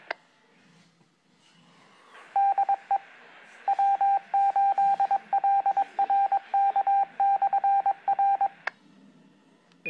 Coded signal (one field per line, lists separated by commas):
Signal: Morse code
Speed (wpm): 22 wpm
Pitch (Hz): 780 Hz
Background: radio noise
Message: DE W8LRK/R